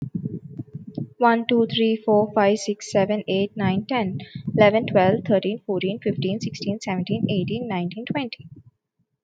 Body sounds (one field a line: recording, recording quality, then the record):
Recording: counting at a fast pace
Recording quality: excellent, no background noise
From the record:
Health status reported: healthy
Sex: female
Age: 28 years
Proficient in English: yes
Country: India